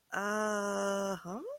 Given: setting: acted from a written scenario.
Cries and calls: vocal sound without words; confusion

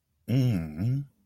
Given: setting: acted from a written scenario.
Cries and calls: vocal sound without words; contentment

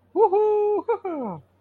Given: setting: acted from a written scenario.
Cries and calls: vocal sound without words; elation

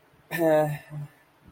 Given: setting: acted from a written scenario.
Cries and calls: vocal sound without words; shame

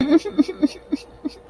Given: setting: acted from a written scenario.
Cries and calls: vocal sound without words; sadness

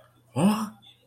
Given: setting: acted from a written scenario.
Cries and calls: vocal sound without words; confusion

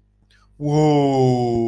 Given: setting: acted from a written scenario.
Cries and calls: vocal sound without words; elation

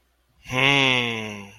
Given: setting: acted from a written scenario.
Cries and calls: vocal sound without words; awe

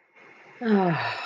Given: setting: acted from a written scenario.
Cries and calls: vocal sound without words; serenity

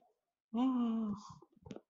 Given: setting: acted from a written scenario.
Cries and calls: vocal sound without words; elation

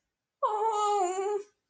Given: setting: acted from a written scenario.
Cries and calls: vocal sound without words; fear

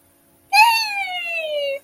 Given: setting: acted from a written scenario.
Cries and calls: vocal sound without words; elation

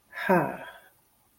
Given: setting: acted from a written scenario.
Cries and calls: vocal sound without words; contentment

